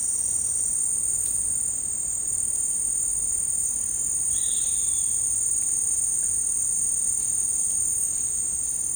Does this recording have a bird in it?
no